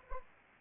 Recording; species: mosquito wingbeat signal from an infrared sensor; Anopheles arabiensis